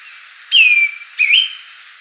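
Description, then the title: Greenish schiffornis whistling, a clear note sliding down and held, then a second short note that dips and rises, over faint background hiss. "LuckyPassaro Completos2Sama. Greenish Schiffornis (Schiffornis virescens)"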